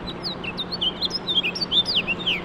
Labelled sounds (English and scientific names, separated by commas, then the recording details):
House Finch (Haemorhous mexicanus) song
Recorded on Long Island, New York, on 21 March 2012
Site FL
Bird A